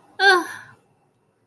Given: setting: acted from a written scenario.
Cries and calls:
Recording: vocal sound without words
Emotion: disappointment

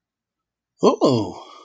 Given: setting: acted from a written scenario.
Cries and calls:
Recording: vocal sound without words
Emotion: interest

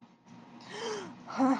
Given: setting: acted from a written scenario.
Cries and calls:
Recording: vocal sound without words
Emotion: negative surprise

